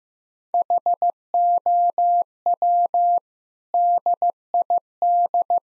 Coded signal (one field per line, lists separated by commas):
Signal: Morse code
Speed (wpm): 15 wpm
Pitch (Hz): 700 Hz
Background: none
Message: HOW DID